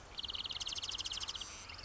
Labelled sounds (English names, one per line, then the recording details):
Marsh Wren
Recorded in Sonoma County, California